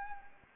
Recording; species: mosquito wingbeat signal from an infrared sensor; Anopheles gambiae